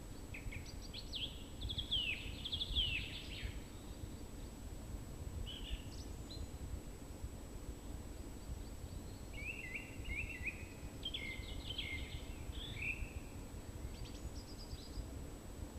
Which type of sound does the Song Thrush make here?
song